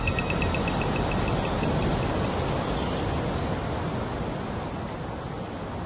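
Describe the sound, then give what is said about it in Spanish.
A steady, dense roar of Atlantic Ocean waves on a cold day, with the sea seeming calm, fills the whole stretch, a constant hissing wash with no clear breaks or swells, easing only slightly toward the end. No one speaks. “Sobrevolamos el Océano Atlántico.”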